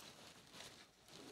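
During brake service on a 2007 VW T5 2.5 TDI California, the brake pad wear sensor's electrical connector is being handled and brought to its plastic wiring socket. Only a steady, soft broadband hiss with faint rustling is heard, with no sharp hit. Nothing has seated or clicked yet.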